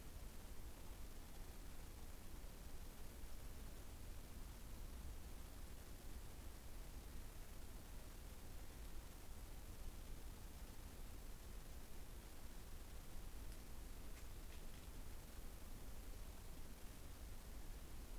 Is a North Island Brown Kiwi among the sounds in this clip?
no